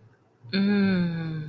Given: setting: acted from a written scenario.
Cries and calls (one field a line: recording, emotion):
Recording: vocal sound without words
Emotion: ecstasy